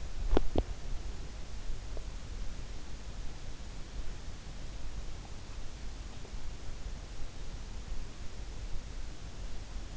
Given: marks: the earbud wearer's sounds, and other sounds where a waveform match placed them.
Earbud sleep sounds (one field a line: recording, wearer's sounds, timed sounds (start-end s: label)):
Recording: sounds in sleep by an in-ear microphone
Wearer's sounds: teeth grinding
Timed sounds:
0.00-1.16 s: teeth grinding